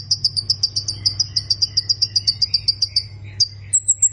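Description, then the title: Plain prinia delivering quick, high, buzzy notes in a regular string, ending with a few thinner, higher chirps, with a faint steady hum behind. "Ciblek Sawah"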